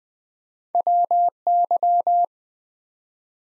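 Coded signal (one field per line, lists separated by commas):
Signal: Morse code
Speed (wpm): 20 wpm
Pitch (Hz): 700 Hz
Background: none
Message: WY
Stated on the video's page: Morse practice of ARRL section abbreviations used in Field Day contest exchanges, 20 wpm, each sent in Morse, spoken, then sent again for head-copy.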